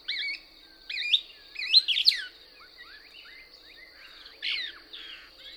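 Couch's Kingbird song: wavering twitters building to a sharp excited flourish, then softer scattered notes and a final burry phrase, over a continuous high whine.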